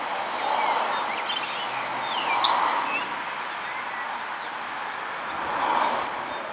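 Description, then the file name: European robin uttering a short burst of very high, thin, tumbling notes lasting about a second, against steady background noise. "Erithacus rubecula"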